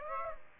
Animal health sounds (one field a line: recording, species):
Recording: mosquito wingbeat signal from an infrared sensor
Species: Aedes aegypti